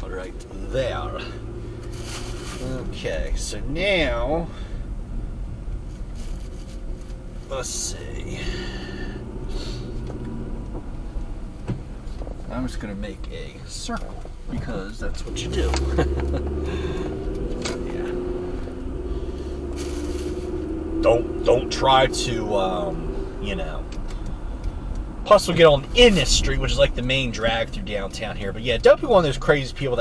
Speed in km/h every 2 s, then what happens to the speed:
13, 18, 18, 18, 21, 21, 15, 10, 16, 26, 34, 37, 35, 26, 18.
0-10 steady at about 18. 10-14 slows to 10. 14-22 speeds up to 37. 22-30 slows to 18.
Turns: 11-17.